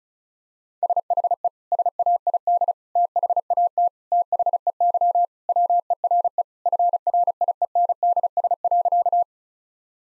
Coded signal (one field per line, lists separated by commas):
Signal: Morse code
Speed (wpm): 36 wpm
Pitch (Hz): 700 Hz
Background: none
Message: SHE SAID THAT THEY WERE FRIENDS.